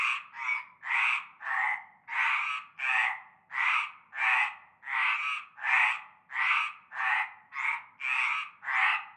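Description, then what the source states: Frog chorus of harsh, buzzy croaks in quick succession, roughly one and a half croaks per second. Chorus of frogs at nightfall in a large concrete basin with stagnant greenish water, Avenue Cante Coucou, Groupède, La Ciotat, Bouches-du-Rhône, France.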